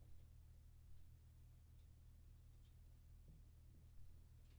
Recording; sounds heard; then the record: poultry house recording; no chicken sound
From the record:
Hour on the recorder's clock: 0